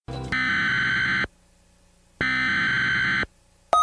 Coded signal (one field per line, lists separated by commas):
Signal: Emergency Alert System (SAME) tones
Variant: header bursts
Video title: EAS Scenario #5: Twister of Terror